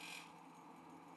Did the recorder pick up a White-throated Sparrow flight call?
no